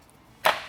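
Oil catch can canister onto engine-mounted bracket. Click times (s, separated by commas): 0.5 s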